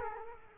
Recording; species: mosquito wingbeat signal from an infrared sensor; Culex quinquefasciatus